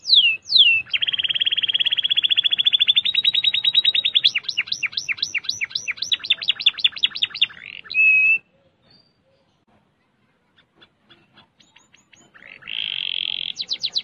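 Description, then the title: Canary song: long run of rapid trills changing tempo and pitch, a brief held note, a few seconds of near silence, then another trill begins. "Kenari"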